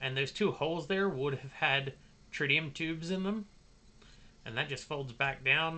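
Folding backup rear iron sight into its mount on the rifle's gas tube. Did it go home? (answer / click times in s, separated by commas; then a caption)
no / none. Someone talks while handling the folding backup rear iron sight on the magnifier mount and gas tube of a Tavor X95 IDF rifle, the sight having two holes that would have held tritium tubes. The sight is being folded back down toward its stowed position, but it has not clicked into place yet.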